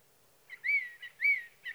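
Sage thrasher song phrase: two clear slurred whistles separated by short chirpy notes, each whistle rising then dropping.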